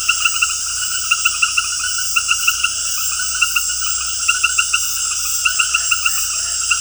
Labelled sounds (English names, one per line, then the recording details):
none
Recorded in dense forest near Puerto Asís, Putumayo, Colombia, on 19 February 2024 at 21:00
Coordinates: 0.487, -76.319
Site G6403